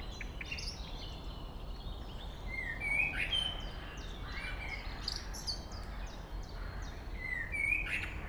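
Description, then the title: Common blackbird song in sparse phrases: soft whistled notes with squeaky high tails, separated by pauses, over light background chirping. Local bird singing at Chemin des cris, Chindrieux, France. "Chemin des cris, Chindrieux, France - Merle"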